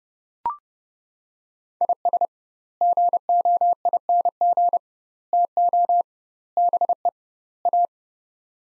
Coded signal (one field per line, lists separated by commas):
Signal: Morse code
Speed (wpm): 32 wpm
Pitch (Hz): 700 Hz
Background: none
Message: IS GOING TO BE A